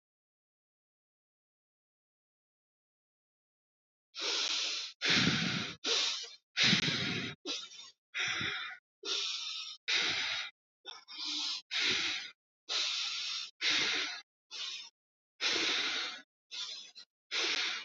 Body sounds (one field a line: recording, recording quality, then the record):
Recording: shallow breathing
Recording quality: excellent, no background noise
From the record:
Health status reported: healthy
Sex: male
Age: 60 years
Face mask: worn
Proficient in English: yes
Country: India